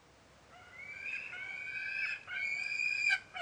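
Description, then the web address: Gyrfalcon making long, strained whining notes that swell and slightly rise, several in quick succession, over a soft background hiss. "sound Gyrfalcon. صدای-پرنده-شنقار"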